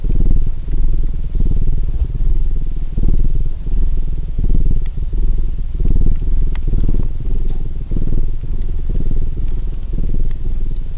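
A cat purrs, a deep, steady rumble that swells and eases in a regular rhythm of roughly one breath every second or so. The sound stays low and continuous, with faint soft clicks and crackles scattered above it.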